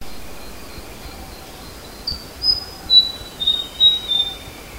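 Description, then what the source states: White-throated fantail calls: a run of about six thin, high squeaky notes in about two seconds, over steady insect hum. Recorded 13 August 2009.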